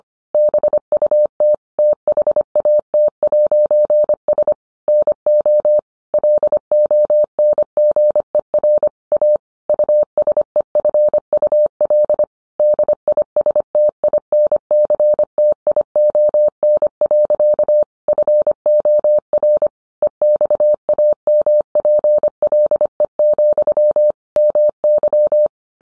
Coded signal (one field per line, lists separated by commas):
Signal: Morse code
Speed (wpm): 25 wpm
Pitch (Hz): 600 Hz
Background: none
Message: BUT THAT'S NO LONGER A USEFUL DISTINCTION. FOR EXAMPLE, MY